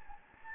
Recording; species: mosquito wingbeat signal from an infrared sensor; Anopheles gambiae